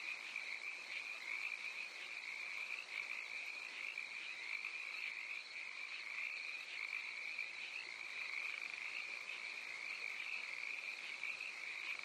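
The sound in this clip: Cricket chorus, a continuous shrill trill holding one high pitch, over a background hiss.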